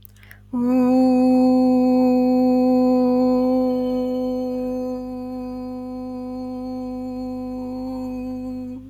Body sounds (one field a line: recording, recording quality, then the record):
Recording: sustained vowel as in boot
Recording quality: excellent, no background noise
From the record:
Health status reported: healthy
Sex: female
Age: 28 years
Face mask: not worn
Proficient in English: yes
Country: India